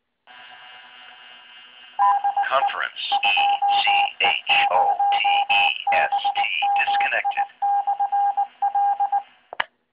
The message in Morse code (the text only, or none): DE 2E0BMI/L